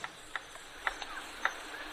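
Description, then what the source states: Cockatoo drumming: several sharp, woody taps at uneven intervals over a faint steady background hiss. Made by striking a drumstick it fashioned from a twig against a tree trunk; tool-made sound, thought to aid pair bonding and impress mates ahead of breeding.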